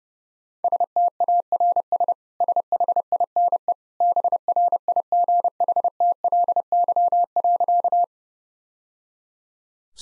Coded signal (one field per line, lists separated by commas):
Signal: Morse code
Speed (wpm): 30 wpm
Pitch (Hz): 700 Hz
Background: none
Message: STARS SHINE BRIGHTLY.